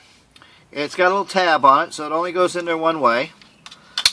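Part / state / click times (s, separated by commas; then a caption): window switch button into door switch housing / seated / 4.0 s, 4.1 s. Someone talks about a plastic window switch button from a 2016 Ram, which is keyed by a small tab so it fits only one way, before pushing it back into the door switch housing after rain got into it. Two sharp clicks at 4.0 s and 4.1 s mark the button seating in the housing.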